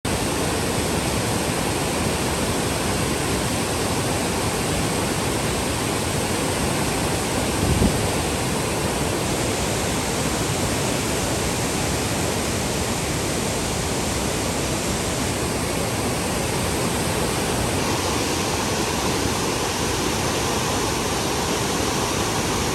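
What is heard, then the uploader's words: A waterfall roars steadily and densely across the whole clip, its rushing sound full from deep rumble up to a bright hiss. The level hardly changes, with only a brief soft knock near the eighth second breaking the constant wash of falling water. Wilhelmina Falls, Murrindindi Scenic Reserve, Toolangi State Forest.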